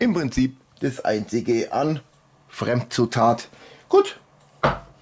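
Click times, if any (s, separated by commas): 4.6 s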